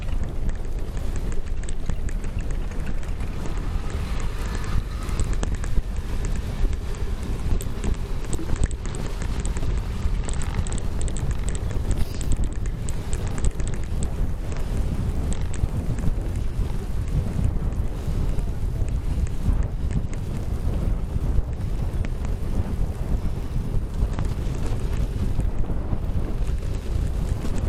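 On a cycle path after a snowstorm, a steady low rumble and wind buffeting fill the air, with faint scattered crackles throughout.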